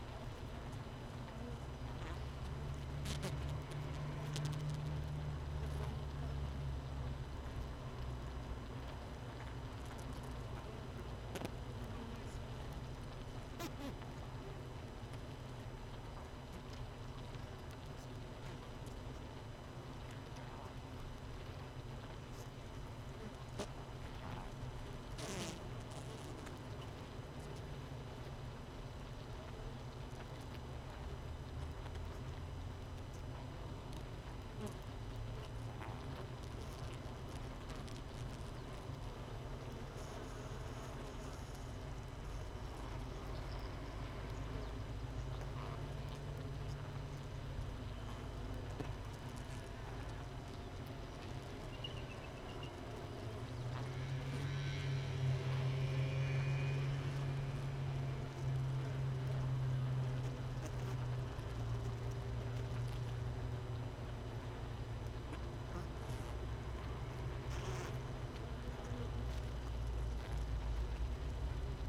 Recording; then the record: honeybee colony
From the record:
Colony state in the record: missing queen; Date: 31 May 2018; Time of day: 6:00